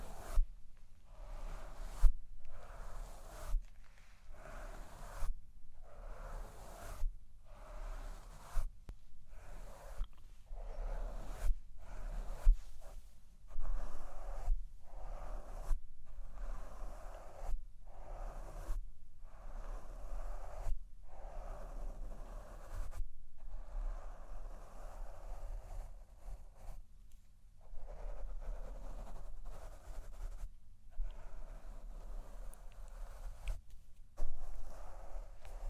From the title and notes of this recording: ASMR Fall Asleep To Mic Brushing & Tapping (No Talking).